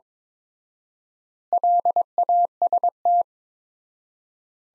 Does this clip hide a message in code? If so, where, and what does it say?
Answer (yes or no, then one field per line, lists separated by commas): yes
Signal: Morse code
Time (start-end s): 1.5-3.2 s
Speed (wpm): 22 wpm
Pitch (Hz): 700 Hz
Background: none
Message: LAST